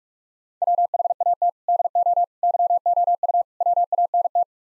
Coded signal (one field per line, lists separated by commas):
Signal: Morse code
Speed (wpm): 48 wpm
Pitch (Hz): 700 Hz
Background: none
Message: WHAT DO YOU WANT